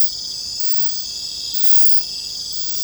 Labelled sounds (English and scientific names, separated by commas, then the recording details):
none
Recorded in secondary vegetation near Puerto Asís, Putumayo, Colombia, on 21 December 2024 at 20:30
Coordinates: 0.499, -76.323
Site G010